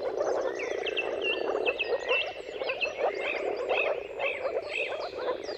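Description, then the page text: Moor frog mating calls merge into a steady bubbling chorus, while birds repeat looping whistles throughout. Dawn chorus of moor frogs giving mating calls at sunrise, at the turn of March and April, timing depending on the weather. "Jakub-Orzecki moor frogs. Depending on the weather at the turn of March and April, you can witness an amazing spectacle of moor frogs"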